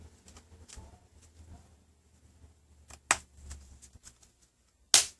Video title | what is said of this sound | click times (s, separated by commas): Samsung Galaxy Tab sch-I800, 7 inch, Verizon screen replacement. Complete start to finish | Make sure it clicks in all the way around. | 3.1 s, 4.9 s